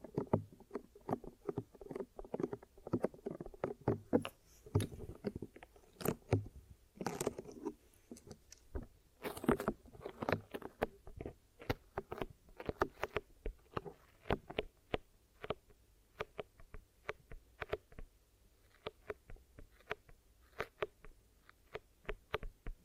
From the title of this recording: Glue Ear Massage and Cleaning